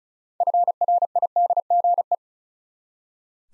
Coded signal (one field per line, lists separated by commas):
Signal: Morse code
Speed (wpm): 36 wpm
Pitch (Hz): 700 Hz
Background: none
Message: FRIDGE